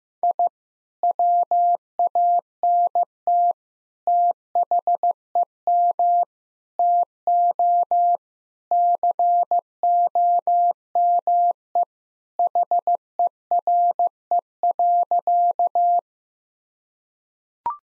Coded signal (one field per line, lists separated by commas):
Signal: Morse code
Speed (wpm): 15 wpm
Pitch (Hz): 700 Hz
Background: none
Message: I WANT THEM TO COME HERE.